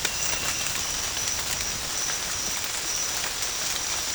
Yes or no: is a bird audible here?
no